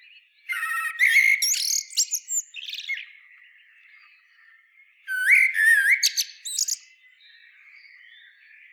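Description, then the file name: Common blackbird song: whistles topped by rapid squeaky twittering, in two phrases with quieter warbling between them. "Turdus merula"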